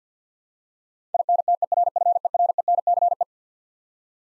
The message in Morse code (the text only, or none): INTERFERENCE